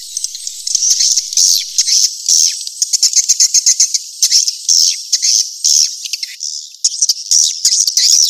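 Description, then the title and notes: Swiftlet chirping calls, dense high-pitched twittering chirps mixed with quick clicking bursts, continuous over the whole stretch with brief pauses. From Asia, used in swiftlet farming to attract birds. "Swiflet Bird Sound. Farming Swiflet Bird asia"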